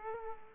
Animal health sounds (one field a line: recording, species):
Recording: mosquito wingbeat signal from an infrared sensor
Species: Aedes aegypti